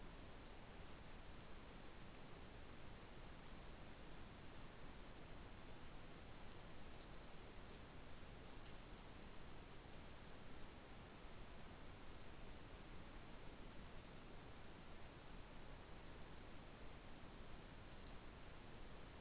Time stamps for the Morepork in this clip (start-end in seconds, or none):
none